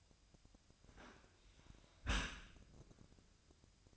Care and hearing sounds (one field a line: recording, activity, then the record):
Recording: daily activity, microphone in the room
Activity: close dishwasher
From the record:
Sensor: 2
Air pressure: 1002.9 hPa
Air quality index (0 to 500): 199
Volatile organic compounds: 6 ppm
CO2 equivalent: 1890 ppm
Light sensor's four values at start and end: 14/34/14/16 and 14/34/14/16